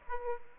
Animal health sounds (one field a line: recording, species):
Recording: mosquito wingbeat signal from an infrared sensor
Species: Aedes aegypti